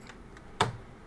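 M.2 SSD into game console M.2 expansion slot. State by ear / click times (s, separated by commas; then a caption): seated / 0.6 s. An iDSonix Gameblaze Pro M.2 NVMe SSD with a metal heatsink is pushed gently into the PS5's M.2 expansion slot. A faint tick at 0.4 s is followed by a sharp snap at 0.6 s as the drive seats in the slot.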